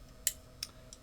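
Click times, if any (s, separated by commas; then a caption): 0.3 s, 0.6 s, 0.9 s. An allen key used as a tension rod is inserted into the top of a Stanley 2060R metal spring door hinge and turned clockwise to add spring tension. Three sharp, bright clicks ring out at 0.3, 0.6 and 0.9 seconds, each fainter than the last. The hinge's ratchet catches three notches, and the added tension is seated.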